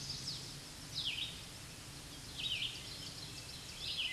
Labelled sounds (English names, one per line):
Red-eyed Vireo song